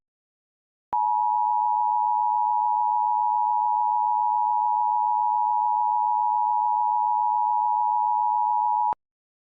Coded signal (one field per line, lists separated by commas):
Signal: Emergency Alert System (SAME) tones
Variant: 853 and 960 Hz attention tone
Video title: [EAS Scenario] Millennium Schism: REDUX (Alternate History ULTIMATE EDITION) (REUPLOAD)